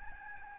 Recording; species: mosquito wingbeat signal from an infrared sensor; Aedes albopictus